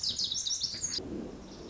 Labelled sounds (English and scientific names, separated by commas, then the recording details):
Lazuli Bunting (Passerina amoena)
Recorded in Sonoma County, California